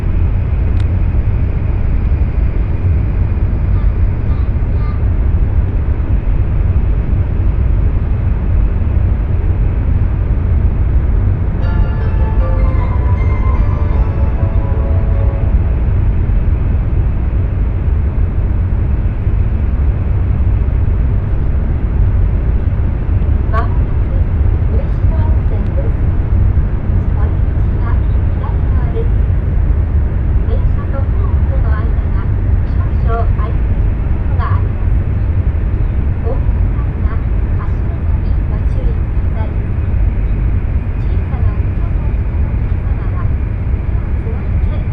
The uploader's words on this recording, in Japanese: 西九州新幹線 長崎→佐賀。西九州新幹線の全線通し、全駅停車の列車に乗って佐賀まで向かいます。